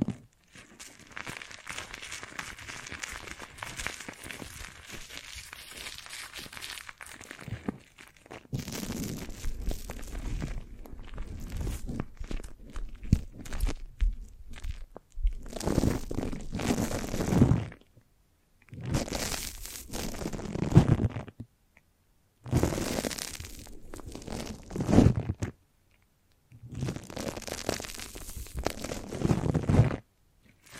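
A foamy, sticky brain massage: soft crackling and squishing runs steadily for the first eight seconds, then turns into thicker wet bursts in separate blocks of two to three seconds. Short silent gaps fall between bursts, near seconds 15, 18, 22, 26 and 31.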